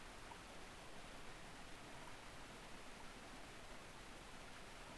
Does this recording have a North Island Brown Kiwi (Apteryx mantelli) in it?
no